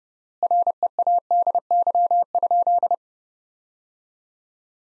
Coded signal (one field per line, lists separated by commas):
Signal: Morse code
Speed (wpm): 30 wpm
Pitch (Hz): 700 Hz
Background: none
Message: READY?